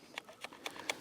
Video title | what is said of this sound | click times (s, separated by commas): Never Seen Freewell K2 VND CPL Filter System... Worlds First | see once it's locked into place and you can't see me on the screen but we're looking at the camera once it's locked in you | 0.9 s